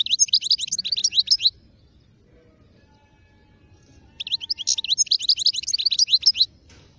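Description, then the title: European goldfinch giving two lively phrases of rapid high twittering notes, separated by a pause of a few seconds. Wild bird. "اجمل غناءالحسون الخلويchant chardonneret sauvage"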